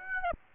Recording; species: mosquito wingbeat signal from an infrared sensor; Aedes aegypti